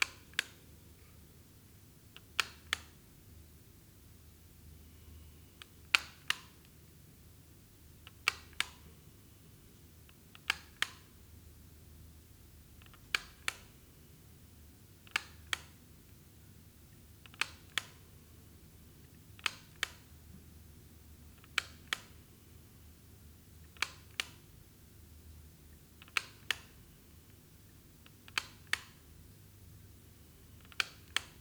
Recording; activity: daily activity, guitar pickup as the sensor; operate light